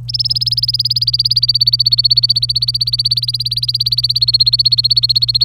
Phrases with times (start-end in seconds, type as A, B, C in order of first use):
0.09-5.44 A